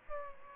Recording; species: mosquito wingbeat signal from an infrared sensor; Aedes aegypti